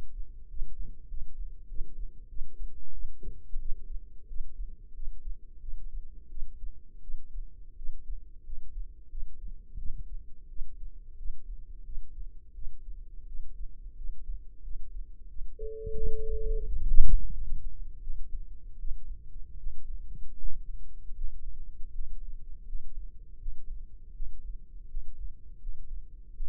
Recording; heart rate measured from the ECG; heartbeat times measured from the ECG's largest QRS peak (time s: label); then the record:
heart sounds by microphone in the left ear; 86 bpm
0.49 s: heartbeat
1.08 s: heartbeat
1.68 s: heartbeat
2.28 s: heartbeat
2.92 s: heartbeat
3.59 s: heartbeat
4.27 s: heartbeat
4.94 s: heartbeat
5.60 s: heartbeat
6.29 s: heartbeat
7.02 s: heartbeat
7.76 s: heartbeat
8.44 s: heartbeat
9.10 s: heartbeat
9.78 s: heartbeat
10.49 s: heartbeat
11.17 s: heartbeat
11.85 s: heartbeat
12.54 s: heartbeat
13.27 s: heartbeat
13.96 s: heartbeat
14.63 s: heartbeat
15.28 s: heartbeat
15.96 s: heartbeat
16.68 s: heartbeat
17.33 s: heartbeat
18.02 s: heartbeat
18.79 s: heartbeat
19.58 s: heartbeat
20.38 s: heartbeat
21.16 s: heartbeat
21.92 s: heartbeat
22.66 s: heartbeat
23.39 s: heartbeat
24.14 s: heartbeat
24.88 s: heartbeat
25.60 s: heartbeat
26.34 s: heartbeat
From the record:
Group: healthy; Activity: rest 0-20 s, Valsalva maneuver 20-27 s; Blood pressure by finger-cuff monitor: 86/52 mmHg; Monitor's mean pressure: 65 mmHg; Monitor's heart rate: 87 bpm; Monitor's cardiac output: 7.9 L/min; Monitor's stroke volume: 91 mL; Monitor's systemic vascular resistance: 580 dyn s/cm5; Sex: female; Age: 22 years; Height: 161 cm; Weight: 65.5 kg